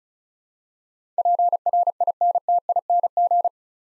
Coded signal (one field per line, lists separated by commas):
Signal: Morse code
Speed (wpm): 36 wpm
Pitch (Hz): 700 Hz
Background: none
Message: PRINTING